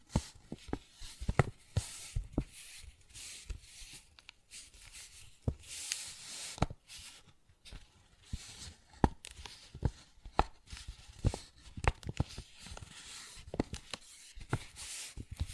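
Paper bag being tapped and scratched, with sharp irregular taps scattered throughout, several per second at busier moments. Between the taps comes a dry, crinkly scratching hiss that swells and fades in bursts. There are short quiet gaps, and no steady background sound.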